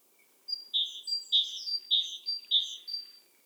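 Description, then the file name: Great tit song: a rhythmic series of two-note phrases, a high note then a lower one, repeated about every 0.6 seconds, with faint higher notes above. "Parus major"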